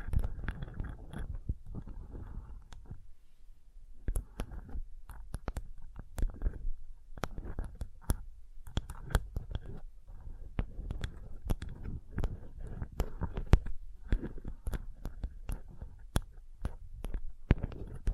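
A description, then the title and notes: Sensitive ASMR tapping: dense, irregular sharp clicks and soft knocks continue throughout, with a low muffled rumble underneath and brief quieter pauses. ASMR Sensitive Tapping (No Talking).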